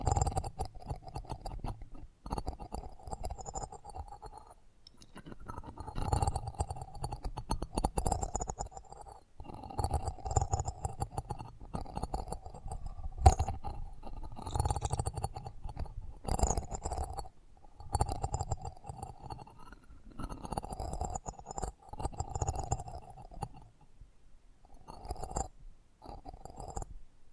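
ASMR mic treatment: soft handling noises, low rumbles and faint clinks come and go in bursts, with brief silent gaps throughout.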